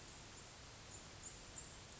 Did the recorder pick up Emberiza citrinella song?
no